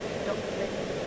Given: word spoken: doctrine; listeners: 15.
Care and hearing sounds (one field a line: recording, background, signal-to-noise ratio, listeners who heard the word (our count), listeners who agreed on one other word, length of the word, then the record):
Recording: one English word in noise, from a listening test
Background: speech-shaped noise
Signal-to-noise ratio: -6.4 dB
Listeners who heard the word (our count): 0 of 15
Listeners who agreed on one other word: 6 of 15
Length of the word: 0.67 s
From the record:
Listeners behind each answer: 6, 2, 2, 1, 1, 1, 1, 1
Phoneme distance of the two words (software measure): 21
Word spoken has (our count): 2 syllables, 7 phonemes, stress on syllable 1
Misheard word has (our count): 2 syllables, 6 phonemes, stress on syllable 1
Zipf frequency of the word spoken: 3.17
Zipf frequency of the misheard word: 5.02